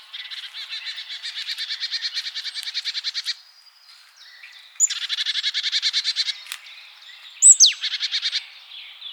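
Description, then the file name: Marsh tit giving long runs of quick, buzzy, repeated notes, then a shorter burst introduced by sharp, high, slurred notes. "Poecile palustris"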